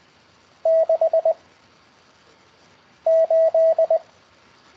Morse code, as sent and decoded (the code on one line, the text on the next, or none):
-.... / ---..
6 8